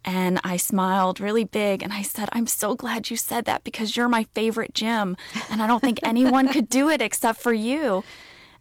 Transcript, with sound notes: And I smiled really big, and I said, I'm so glad you said that because you're my favorite Jim.
(Laughter).
And I don't think anyone could do it except for you.